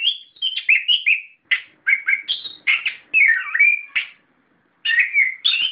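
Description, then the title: Chirping bird song with rapid clusters of bright notes and a swooping warble, broken by a pause before a final burst of chirps. "SuaraBurung Kicau4"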